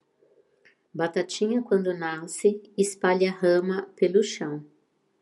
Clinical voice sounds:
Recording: short text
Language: Brazilian Portuguese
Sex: female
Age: 50 to 59 years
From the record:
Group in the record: control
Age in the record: 59 years

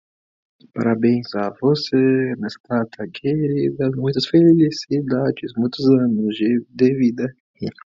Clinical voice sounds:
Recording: short text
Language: Brazilian Portuguese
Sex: male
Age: 20 to 29 years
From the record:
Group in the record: control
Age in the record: 21 years

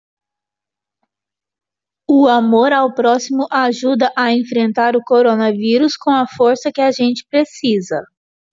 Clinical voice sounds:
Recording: spoken sentence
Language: Brazilian Portuguese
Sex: female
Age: 30 to 39 years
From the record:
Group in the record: control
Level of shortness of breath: 0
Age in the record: 38 years

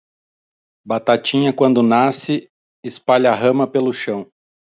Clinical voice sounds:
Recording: short text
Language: Brazilian Portuguese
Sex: male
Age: 40 to 49 years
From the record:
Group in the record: control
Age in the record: 42 years

